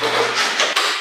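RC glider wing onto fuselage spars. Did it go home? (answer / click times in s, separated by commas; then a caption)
yes / 0.6 s. The foam wing of a Phoenix 2400 RC glider is pushed by hand onto the fuselage's two spars, giving a steady rubbing sound. A sharp click from the wing latch comes at 0.6 s, showing the wing is seated and secured.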